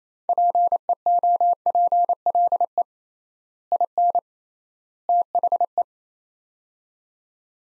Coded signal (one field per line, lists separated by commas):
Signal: Morse code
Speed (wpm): 28 wpm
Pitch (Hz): 700 Hz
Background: none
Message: PEOPLE IN THE